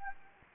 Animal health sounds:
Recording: mosquito wingbeat signal from an infrared sensor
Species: Anopheles gambiae

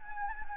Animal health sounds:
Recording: mosquito wingbeat signal from an infrared sensor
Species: Anopheles gambiae

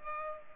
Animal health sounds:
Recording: mosquito wingbeat signal from an infrared sensor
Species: Culex pipiens

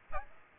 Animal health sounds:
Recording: mosquito wingbeat signal from an infrared sensor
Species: Aedes aegypti

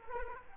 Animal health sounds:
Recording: mosquito wingbeat signal from an infrared sensor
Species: Culex quinquefasciatus

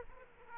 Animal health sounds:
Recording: mosquito wingbeat signal from an infrared sensor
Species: Aedes aegypti

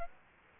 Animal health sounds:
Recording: mosquito wingbeat signal from an infrared sensor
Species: Aedes aegypti

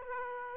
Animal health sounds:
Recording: mosquito wingbeat signal from an infrared sensor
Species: Aedes aegypti

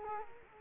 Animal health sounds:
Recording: mosquito wingbeat signal from an infrared sensor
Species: Culex quinquefasciatus

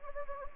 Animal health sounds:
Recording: mosquito wingbeat signal from an infrared sensor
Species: Anopheles gambiae

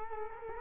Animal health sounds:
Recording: mosquito wingbeat signal from an infrared sensor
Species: Culex quinquefasciatus

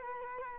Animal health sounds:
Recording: mosquito wingbeat signal from an infrared sensor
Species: Culex quinquefasciatus

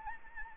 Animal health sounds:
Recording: mosquito wingbeat signal from an infrared sensor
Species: Anopheles gambiae

